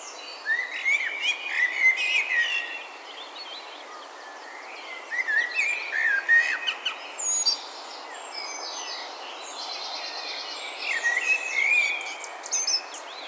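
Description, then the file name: Common blackbird: warbled, fluty phrases given in several bursts with high twittery ends, over a steady hiss. "Turdus merula"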